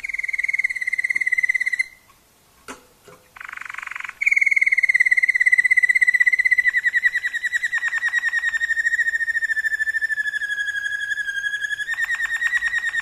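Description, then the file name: Waterslager canary song: rolling trills at one steady pitch, broken by a brief pause and a short buzzy burst, then a long even trill resuming. Song variations of a Waterslager canary. "kenari waterslager variasi omkicau"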